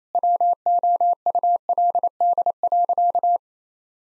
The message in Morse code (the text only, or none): WOULD.